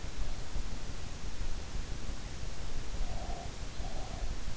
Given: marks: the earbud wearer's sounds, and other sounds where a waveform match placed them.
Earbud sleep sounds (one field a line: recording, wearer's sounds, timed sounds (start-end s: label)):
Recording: sounds in sleep by an in-ear microphone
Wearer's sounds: breath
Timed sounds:
2.76-4.22 s: breath